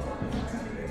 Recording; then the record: background sound without coughing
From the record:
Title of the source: 60 minutes of coffee shop sounds for study and concentration